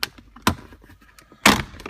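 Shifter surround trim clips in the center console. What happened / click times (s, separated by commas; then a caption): The plastic trim clips popped loose / 0.0 s, 0.5 s, 1.5 s. Plastic shifter surround trim is pried off the center console of a Challenger with a Barton shifter, and its little snap-in clips pop loose. Sharp pops sound at 0.0, 0.5 and 1.5 seconds as the clips let go, with a fainter snap just after the last one. The trim panel comes free.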